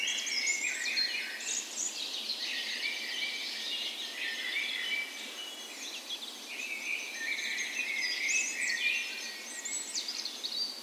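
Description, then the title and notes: Birds: bird dawn chorus, a thick weave of high trills, chirps and whistled phrases from several birds, singing continuously. Dawn chorus on the morning of 17 May, Norway's National Day, in a park west in Bergen, Norway, in spring; Sony PCM A10 recorder with LOM micro Usi mics as tree ears. "17th Of May Dawn Chorus. Recorded on the morning of Norways National Day the 17th of May in a park west in Bergen. Spring is in full effect, and the dawn chorus sounds wonderful!"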